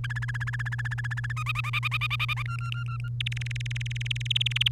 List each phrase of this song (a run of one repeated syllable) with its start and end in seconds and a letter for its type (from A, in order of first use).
0.04-1.32 A, 1.37-2.42 B, 2.45-3.08 C, 3.21-4.68 D